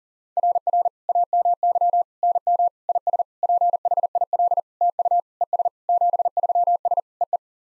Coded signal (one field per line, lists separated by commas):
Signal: Morse code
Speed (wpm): 40 wpm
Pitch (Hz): 700 Hz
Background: none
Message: RR AMY NM IS PHIL TU ES 73S EE